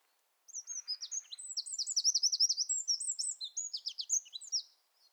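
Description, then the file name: Eurasian wren song: a loud, rapid outpouring of high, sharp trills and twittering notes lasting about four seconds, with a brief low rattle early on. "Troglodytes troglodytes"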